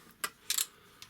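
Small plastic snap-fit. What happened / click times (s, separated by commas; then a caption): Two small plastic parts snapped into their sockets / 0.2 s, 0.5 s. Plastic missile pods are plugged into the sockets under the wings of a toy figure and seat with two short, bright clicks at 0.2 s and 0.5 s. A quick second tick follows the second click, and a fainter tick comes near the end.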